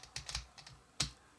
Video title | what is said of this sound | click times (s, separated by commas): How To Play The Gravity Maze Falling Marble Logic Game | okay so these ends snapped into the other ends | 1.0 s